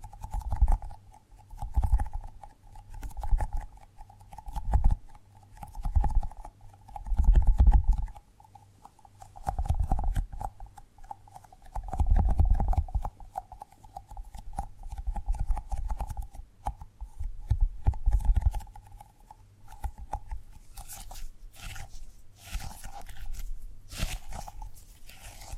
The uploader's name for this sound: Tapping and Gripping Sounds